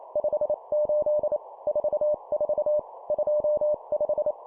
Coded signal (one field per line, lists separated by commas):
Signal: Morse code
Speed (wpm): 28 wpm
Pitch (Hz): 600 Hz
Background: none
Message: 58 44 25